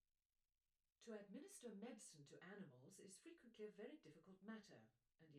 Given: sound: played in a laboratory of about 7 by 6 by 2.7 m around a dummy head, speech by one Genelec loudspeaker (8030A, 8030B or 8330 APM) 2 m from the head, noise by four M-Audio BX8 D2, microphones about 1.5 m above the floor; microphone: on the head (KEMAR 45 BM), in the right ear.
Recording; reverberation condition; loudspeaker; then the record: female speech in English; low; 60 degrees to the left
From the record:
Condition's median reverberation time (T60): about 310 ms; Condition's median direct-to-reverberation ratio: about 3.5 dB